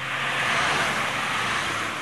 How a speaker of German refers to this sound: Die laute Straße nervt einfach nur.